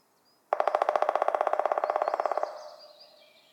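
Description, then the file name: Black woodpecker drumming: one fast, even roll of many strikes lasting about two seconds, then a fading echo. "Schwarzspecht Trommeln"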